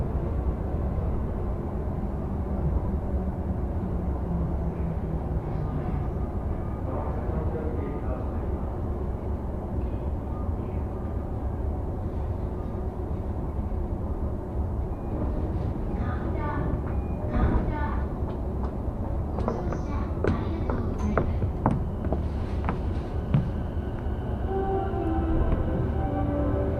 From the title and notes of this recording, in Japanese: 耳で楽しむ鉄道旅 山手・京浜東北・中央線 目黒→田町→東京→御茶ノ水。目黒からは山手線内回りに乗って田町まで移動し、京浜東北線の快速電車に乗り換えて東京に向かいます。東京からは中央線快速で御茶ノ水へ。